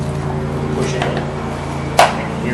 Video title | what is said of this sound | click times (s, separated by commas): Replace The Electronic Load Detector ELD 2001-2007 Honda Civic P1298 | snap in place and put | 2.0 s